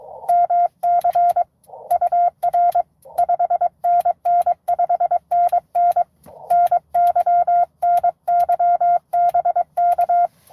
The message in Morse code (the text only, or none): MC UR 5NN 5NN NY NY BK